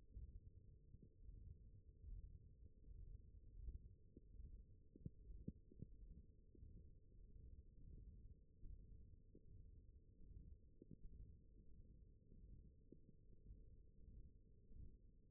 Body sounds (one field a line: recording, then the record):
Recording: forearm muscle sounds (acoustic myography)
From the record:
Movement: ulnar deviation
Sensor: system 1, eight BSWA MPA416 microphones around the upper forearm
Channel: 1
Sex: male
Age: 21 years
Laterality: right